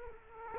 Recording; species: mosquito wingbeat signal from an infrared sensor; Culex quinquefasciatus